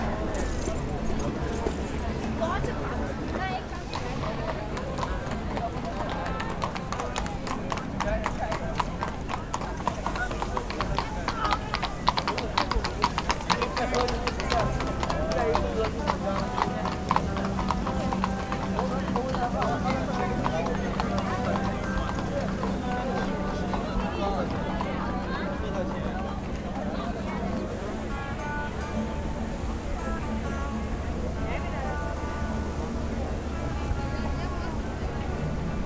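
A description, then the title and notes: A crowded cobblestone square fills with constant overlapping chatter from many people, with musical tones weaving through from bands playing. Hooves clip-clop across the stones now and then. A low, steady rush of water runs underneath throughout. Pariser Platz. Two bands, two fountains and a mass of people inbetween enjoying the afternoon sun on a sea of cobble stones.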